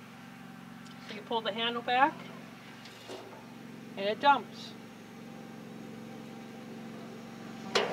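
Someone talks over a steady low hum while handling the dump bed latch on a yard trailer frame with a metal barrel trailer bed, which is lowered back down after dumping so its handle latch can lock it in place. A brief sharp sound comes at 7.8 s, but the latch has not locked yet and nothing has seated by the end of the clip.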